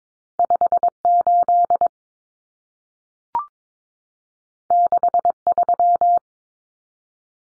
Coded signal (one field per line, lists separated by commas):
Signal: Morse code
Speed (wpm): 22 wpm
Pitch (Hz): 700 Hz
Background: none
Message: 58 63